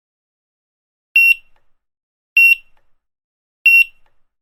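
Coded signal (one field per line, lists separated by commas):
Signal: none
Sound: checkout scanner beeps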